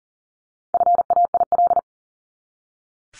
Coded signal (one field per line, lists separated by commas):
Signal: Morse code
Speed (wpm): 40 wpm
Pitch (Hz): 700 Hz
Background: none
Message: FAIL